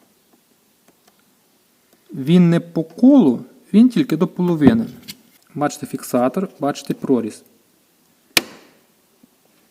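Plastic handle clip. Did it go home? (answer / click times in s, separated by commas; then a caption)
yes / 8.4 s. An Audi A4/A5 hood release handle in the car interior is pushed onto its plastic retainer, whose slot only goes halfway round. Someone talks for most of the clip. Then one sharp, loud click at 8.4 s marks the handle latching into place on the retainer.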